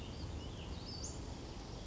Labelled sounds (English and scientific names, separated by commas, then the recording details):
Western Flycatcher (Empidonax difficilis)
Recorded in Sonoma County, California